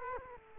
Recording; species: mosquito wingbeat signal from an infrared sensor; Culex quinquefasciatus